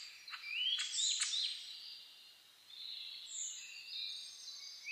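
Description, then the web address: Birdsong: a burst of quick rising whistles and chips, then softer drawn-out high notes from other birds in the background. Dawn chorus (reimei) birdsong (saezuri), recorded 10 May 2010. "reimei -saezuri-20100510-0401"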